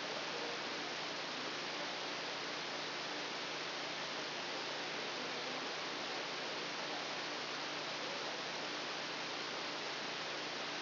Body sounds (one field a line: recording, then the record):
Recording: brain microelectrode recording played as sound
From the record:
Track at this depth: outside the subthalamic nucleus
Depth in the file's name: -0.683 mm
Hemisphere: left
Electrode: 2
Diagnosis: Parkinson's disease